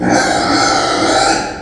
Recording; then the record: squeal of a Yucatan mini pig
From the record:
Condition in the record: before surgery on the right vocal fold (resection and tissue-engineered implant); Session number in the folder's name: 3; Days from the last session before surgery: 0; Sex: female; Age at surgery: 19 weeks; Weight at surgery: 25 kg